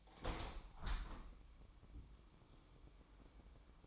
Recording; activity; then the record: daily activity, microphone in the room; open window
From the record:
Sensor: 1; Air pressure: 1000.4 hPa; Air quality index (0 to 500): 164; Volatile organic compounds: 3 ppm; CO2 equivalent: 1509 ppm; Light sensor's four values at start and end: 11/26/11/12 and 12/28/11/13